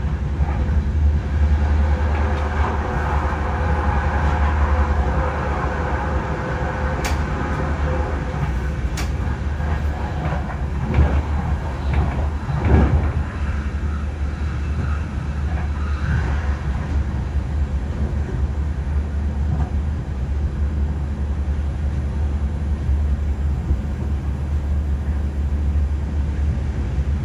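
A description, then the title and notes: A vehicle's steady low hum runs throughout, with minor clicks and brief brighter rattles clustered around seconds seven to thirteen. With the CAT (City Airport Train), Vienna offers a rapid connection between city centre and airport. It’s relaxing and soothing with minor hums and clicks and not overcrowded. Recorded by Rebecca Goldberg.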